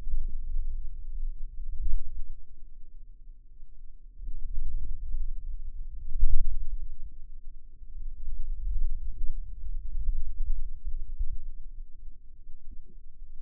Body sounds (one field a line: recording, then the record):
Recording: forearm muscle sounds (acoustic myography)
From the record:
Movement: wrist extension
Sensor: system 2, bracelet of six BSWA MPA416 microphones around the upper forearm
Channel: 3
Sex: female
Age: 22 years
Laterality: right